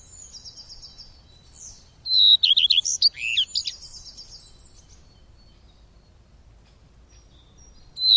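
Bird giving a short, high burst of twittering chirps with looping, sweeping notes, after fainter twittering, and a loud note at the very end.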